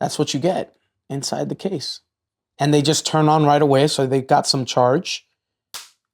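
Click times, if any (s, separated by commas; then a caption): 5.7 s. A Google Pixel Buds Pro 2 wireless earbud is dropped into its plastic charging case after someone talks. The magnet pulls it home with a sharp snap at 5.7 seconds, and the earbud seats in the case.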